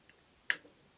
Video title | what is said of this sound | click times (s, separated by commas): Behringer U Phoria UMC404HD Unboxing | Satisfying click. | 0.5 s